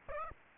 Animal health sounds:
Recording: mosquito wingbeat signal from an infrared sensor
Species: Aedes aegypti

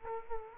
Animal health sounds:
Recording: mosquito wingbeat signal from an infrared sensor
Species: Culex quinquefasciatus

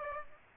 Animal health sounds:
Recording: mosquito wingbeat signal from an infrared sensor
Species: Aedes aegypti

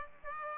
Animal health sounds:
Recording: mosquito wingbeat signal from an infrared sensor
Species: Aedes aegypti

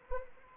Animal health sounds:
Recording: mosquito wingbeat signal from an infrared sensor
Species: Anopheles arabiensis

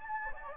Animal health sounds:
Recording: mosquito wingbeat signal from an infrared sensor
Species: Anopheles gambiae

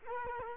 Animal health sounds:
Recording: mosquito wingbeat signal from an infrared sensor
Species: Culex quinquefasciatus

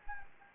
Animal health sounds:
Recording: mosquito wingbeat signal from an infrared sensor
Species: Anopheles gambiae

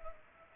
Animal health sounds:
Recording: mosquito wingbeat signal from an infrared sensor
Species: Culex pipiens

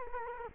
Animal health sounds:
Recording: mosquito wingbeat signal from an infrared sensor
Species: Culex quinquefasciatus

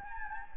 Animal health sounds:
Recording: mosquito wingbeat signal from an infrared sensor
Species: Anopheles gambiae

